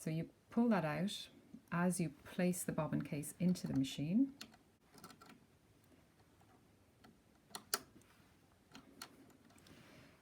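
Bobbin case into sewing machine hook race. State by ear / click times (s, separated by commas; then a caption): seated / 7.7 s. Someone talks while the bobbin case lever is pulled out and the metal bobbin case is pushed into the hook race of a Bernina sewing machine. After a few faint ticks, a sharp click at 7.7 s marks the case latching, seated and secured in place.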